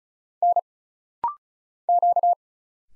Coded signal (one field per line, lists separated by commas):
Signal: Morse code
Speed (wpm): 34 wpm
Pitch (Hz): 700 Hz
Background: none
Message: N Q